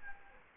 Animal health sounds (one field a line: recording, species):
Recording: mosquito wingbeat signal from an infrared sensor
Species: Anopheles gambiae